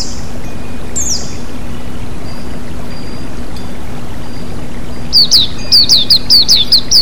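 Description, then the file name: White-eye giving a quick run of sharp, downslurred chirps near the end, after a few faint notes, over a steady rush of flowing water and a low hum. White-eye with flowing water, bird therapy. "terapi air mengalir burung pleci"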